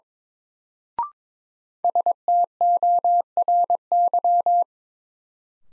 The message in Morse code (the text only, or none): STORY